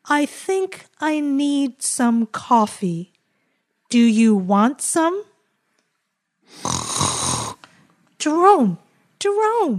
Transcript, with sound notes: I think I need some coffee. Do you want some? (snores) Jerome, Jerome!